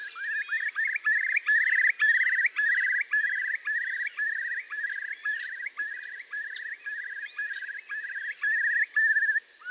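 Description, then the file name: Eurasian curlew, a rapid bubbling series of short rising whistled notes, repeated about twice a second in a steady run with slight pitch shifts. "kulikwielki"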